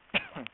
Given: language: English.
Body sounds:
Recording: throat vibration sensor signal played as sound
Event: cough

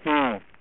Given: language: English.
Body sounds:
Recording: throat vibration sensor signal played as sound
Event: speech

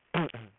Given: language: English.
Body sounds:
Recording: throat vibration sensor signal played as sound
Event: throat clearing

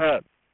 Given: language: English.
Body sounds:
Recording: throat vibration sensor signal played as sound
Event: speech

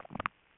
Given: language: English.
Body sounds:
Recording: throat vibration sensor signal played as sound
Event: swallow

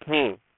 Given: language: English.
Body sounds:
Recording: throat vibration sensor signal played as sound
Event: speech

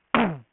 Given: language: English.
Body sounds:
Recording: throat vibration sensor signal played as sound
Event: throat clearing

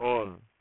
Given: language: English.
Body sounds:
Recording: throat vibration sensor signal played as sound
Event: speech

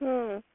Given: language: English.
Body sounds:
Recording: throat vibration sensor signal played as sound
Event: speech

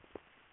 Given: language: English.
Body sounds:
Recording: throat vibration sensor signal played as sound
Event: swallow

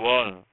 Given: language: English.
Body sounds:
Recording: throat vibration sensor signal played as sound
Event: speech

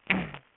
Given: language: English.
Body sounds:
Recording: throat vibration sensor signal played as sound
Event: throat clearing

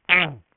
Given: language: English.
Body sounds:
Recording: throat vibration sensor signal played as sound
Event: throat clearing

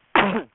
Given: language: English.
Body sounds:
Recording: throat vibration sensor signal played as sound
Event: cough

